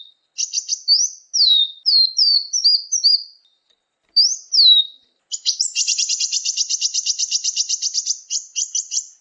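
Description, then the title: Sunbird chirps: a run of quick high slurred whistles with brief pauses, then a long dense ticking trill that continues to the end. "kicau kolibri"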